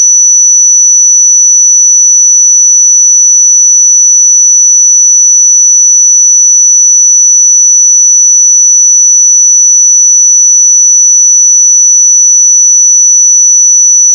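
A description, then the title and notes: A pure 5940 Hz sine tone holds perfectly steady and bright for the whole stretch, unchanging in pitch and loudness, with no other sounds. 5940 Hz 1 Hz Interval Sine Pure Tone Frequency 441000 Sample Mono.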